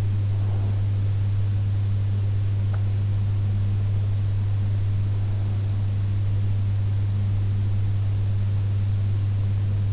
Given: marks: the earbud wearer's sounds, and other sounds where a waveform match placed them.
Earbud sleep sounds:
sounds in sleep by an in-ear microphone; breath
0.00-1.99 s: breath

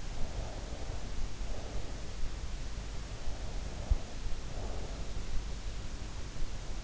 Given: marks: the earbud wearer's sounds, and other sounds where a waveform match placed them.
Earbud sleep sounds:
sounds in sleep by an in-ear microphone; breath
0.00-1.96 s: breath
3.43-5.17 s: breath

